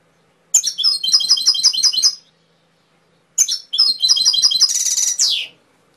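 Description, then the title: Canary song: two phrases of rapid repeated high trilled notes, the second closing with a dense buzzing rattle that drops in pitch. Canary masteran (training) song with full fill-ins (isian), for teaching canaries to sing, by mster Mnuk. "mster Mnuk. Masteran Kenari Full Isian"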